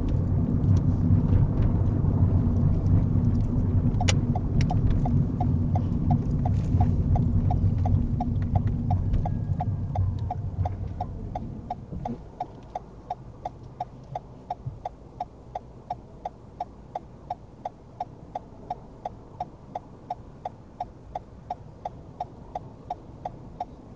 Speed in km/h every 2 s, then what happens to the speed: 29, 29, 24, 18, 5, 0, 0, 0, 0, 0, 0, 0.
2-9 brakes to 0. 9-24 standing.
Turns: none.